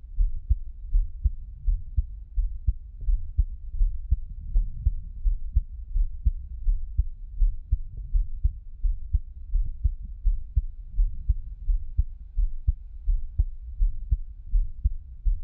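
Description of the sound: Soft, low, muffled thumps repeat in a steady rhythm at about 83 a minute, with no talking and only a faint low hum behind them. An adult's own heartbeat heard up close, made for ASMR.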